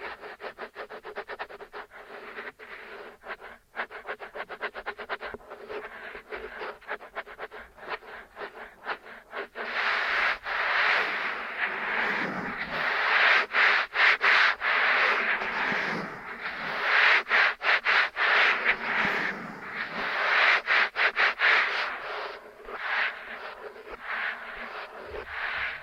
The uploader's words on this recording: ASMR Intense Ear Stimulation Ear Cleaning, Kinetic Sand, Piercing Sounds (No Talking).